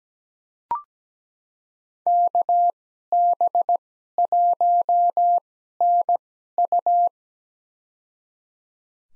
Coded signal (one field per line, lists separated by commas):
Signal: Morse code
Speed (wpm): 17 wpm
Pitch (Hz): 700 Hz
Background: none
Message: KB1NU